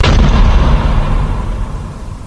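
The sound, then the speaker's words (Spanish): A man collapses and hits the floor with one loud, heavy thud, followed by a deep rumbling decay that fades slowly over a couple of seconds. No voices are heard. “que deliró, balbuceó y por fin, ¡pum!, al piso.”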